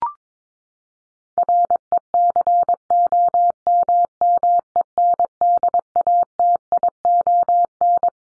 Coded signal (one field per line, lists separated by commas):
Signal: Morse code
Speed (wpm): 22 wpm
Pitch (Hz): 700 Hz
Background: none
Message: RECOMMENDATION